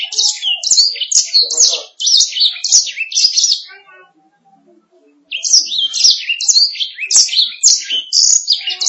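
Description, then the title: Canary song in two bursts of rapid chirping and trills separated by a brief quiet gap. "BM Suara Kenari"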